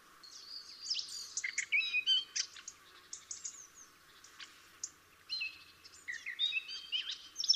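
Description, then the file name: Eurasian blackcap song: rich, varied warbling phrases of quick chirps and clear whistles, pausing briefly near the middle before a second rapid run of notes. "Sylvia atricapilla"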